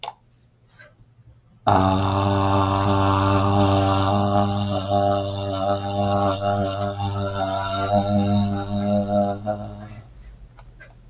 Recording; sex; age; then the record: vowel held as long as possible; male; 40 to 49 years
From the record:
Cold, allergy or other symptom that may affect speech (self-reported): no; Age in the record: 40 years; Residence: Michigan, United States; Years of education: 18